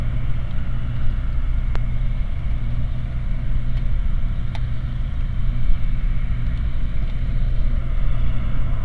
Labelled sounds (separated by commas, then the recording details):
machinery, flare stack, rain
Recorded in the Prudhoe Bay oil fields, Alaska, on 13 August 2019 at 20:17
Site 29